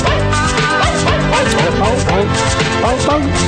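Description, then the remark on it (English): Barking dogs pitched into a melody, the yelps stepping and gliding through a tune over a dense, loud musical backing that runs the whole time. “Maybe we'll have to do an animal special one day where we have all animals playing the songs.”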